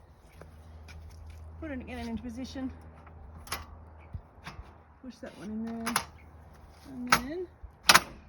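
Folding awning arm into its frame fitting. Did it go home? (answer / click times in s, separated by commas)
yes / 7.9 s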